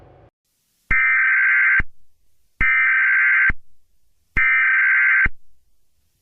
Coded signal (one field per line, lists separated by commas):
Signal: Emergency Alert System (SAME) tones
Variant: header bursts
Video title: The creatures.mp4 (analog horror eas scenario)